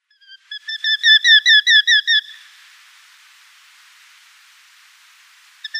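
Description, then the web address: Eurasian hobby nestling calls, shrill harmonic notes swelling into a quick burst of several squeals, followed by soft hiss and a couple of notes at the end. "Schulze Peter Hobby"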